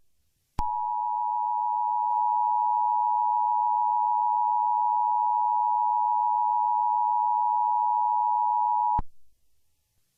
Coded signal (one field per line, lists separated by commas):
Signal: Emergency Alert System (SAME) tones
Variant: 853 and 960 Hz attention tone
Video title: EAS Mock - real Snow Squall Warning (Northeast US) 2-19-22